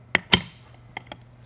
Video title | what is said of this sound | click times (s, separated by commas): 64800 Eaton Carter Ground Fueling Hydrant Coupler Operation and Repair | until it pops into place | 0.2 s